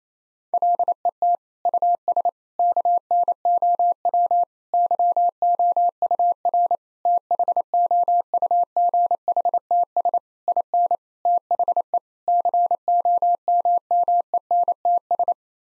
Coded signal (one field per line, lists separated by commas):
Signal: Morse code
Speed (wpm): 28 wpm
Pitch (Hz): 700 Hz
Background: none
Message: LET US KNOW YOUR THOUGHTS IN THE COMMENTS